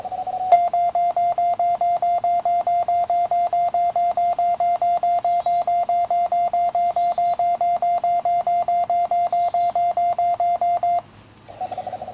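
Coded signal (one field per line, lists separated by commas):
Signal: none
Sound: antenna tuner beeps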